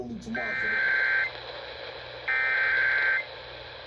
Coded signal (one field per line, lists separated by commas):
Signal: Emergency Alert System (SAME) tones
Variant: header bursts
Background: speech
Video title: June 2024 Texas Required Monthly Test (EAS #637-645)